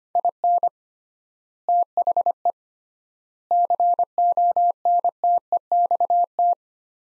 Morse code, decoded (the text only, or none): IN THE CONTEXT